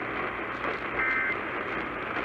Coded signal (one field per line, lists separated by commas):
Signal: Emergency Alert System (SAME) tones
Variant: end-of-message bursts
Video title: (OFFICIAL) NEW STATIONS GALORE... EAS Tests from 12/2/2020-12/30/2020 (EAS #419-448)